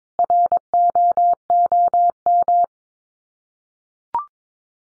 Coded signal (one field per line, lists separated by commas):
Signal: Morse code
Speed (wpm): 22 wpm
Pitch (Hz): 700 Hz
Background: none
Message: ROOM